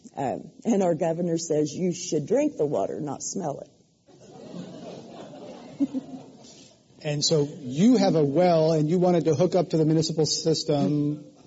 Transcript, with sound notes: And our governor says, "You should drink the water, not smell it."
[Laughter]
And so you have a well and you wanted to hook up to the municipal system.